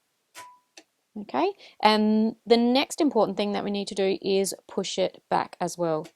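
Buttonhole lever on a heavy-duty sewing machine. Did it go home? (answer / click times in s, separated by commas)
yes / 0.8 s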